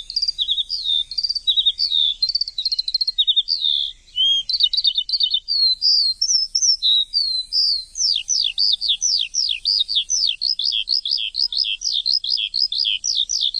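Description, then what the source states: Bird song starting as varied chirpy warbling, then turning into a rapid run of sharp, downswept whistled notes through the second half. Chirping bird song intended for training pet birds.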